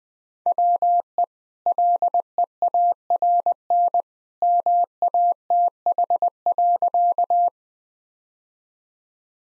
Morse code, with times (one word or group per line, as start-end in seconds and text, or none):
0.5-1.2 WE
1.7-4.0 LEARN
4.4-7.5 MATH.